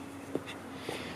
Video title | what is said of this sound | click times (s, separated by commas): 1930s Lauson LA Marine engine with Joes Gears 2:1 Reversing Reduction Transmission | reverse you heard the click | 0.3 s